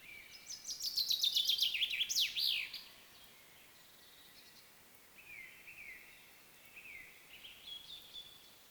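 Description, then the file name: Common chaffinch song, a bright descending series of quick notes ending in a flourish, followed by softer repeated sliding notes, over a steady hiss. "Fringilla coelebs"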